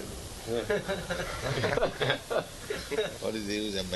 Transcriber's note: laughter